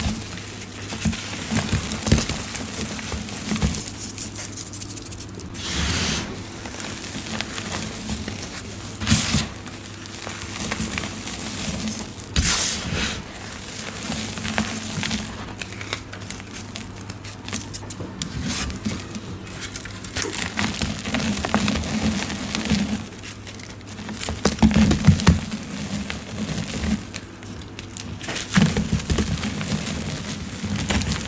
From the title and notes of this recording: Black Iron Oxide & Yellow Glitter Mix. ASMR satisfying crushing reformed gym chalk and synthetic black iron oxide powder.